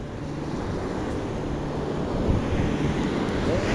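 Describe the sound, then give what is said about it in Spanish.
A steady, rushing wash of sea waves along the shore, broad and noisy with a low rumble and some wind buffeting, continuous without clear breaks, with no voices. “Mis pasos me llevan. Por la orilla del mar. El mar está verde, verde esmeralda. El mar está fuerte. El mar está caliente.”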